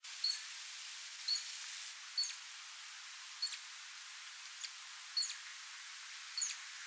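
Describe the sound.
Bat giving short, sharp, high chirps about once a second over a quiet hiss.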